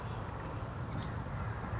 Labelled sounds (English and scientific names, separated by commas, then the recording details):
Chestnut-backed Chickadee (Poecile rufescens)
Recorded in Sonoma County, California